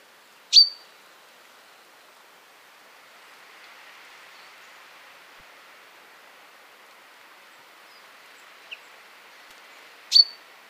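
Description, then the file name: Common chaffinch calls: two sharp, clipped metallic notes about nine and a half seconds apart, with a faint thin chirp just before the second and soft background hiss. "Fringilla coelebs"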